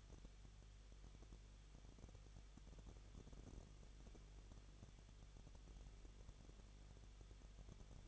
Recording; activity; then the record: daily activity, microphone in the room; no activity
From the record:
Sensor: 4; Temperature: 23.0 degrees Celsius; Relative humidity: 34.3%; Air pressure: 1007.3 hPa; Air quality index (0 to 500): 217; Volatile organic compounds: 15 ppm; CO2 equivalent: 2521 ppm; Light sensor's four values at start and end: 2/3/1/1 and 2/3/1/1